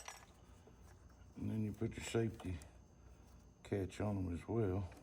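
A fuel line coupling safety catch on the fuel line of a 5.4L engine in a 2002 Ford F-150 truck is handled after the fuel lines are clipped together, with a brief sharp sound near 0.1 s, light handling noise and someone talking. Nothing has seated or clicked yet.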